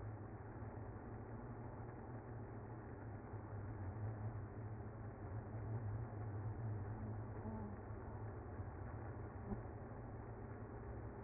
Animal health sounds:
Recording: honeybee colony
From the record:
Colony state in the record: active

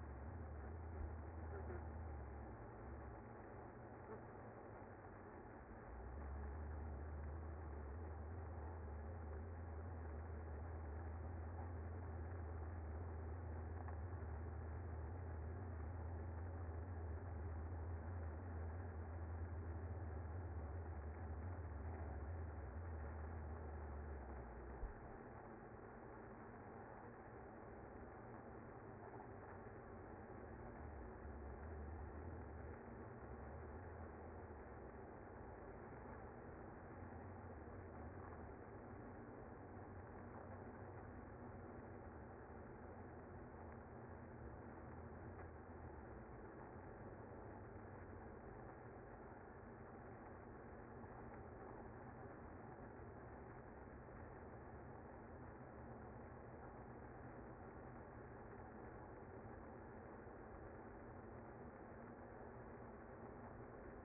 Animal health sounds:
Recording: honeybee colony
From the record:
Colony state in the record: active

